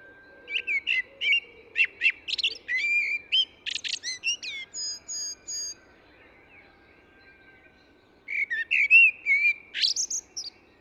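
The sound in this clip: Eurasian blackbird singing a rapid run of mellow whistled and chattering notes, then a pause of a few seconds before another warbling phrase.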